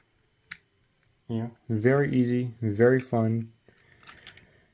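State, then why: Seated. A plastic body section of a Legacy United Animated Optimus Prime transforming action figure is pushed down into the figure's torso and clicks into place at 0.5 s. Someone then talks, and a few faint light handling ticks follow near the end.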